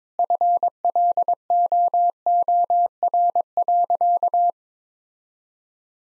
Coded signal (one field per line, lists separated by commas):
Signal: Morse code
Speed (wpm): 22 wpm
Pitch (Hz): 700 Hz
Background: none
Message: FLOOR.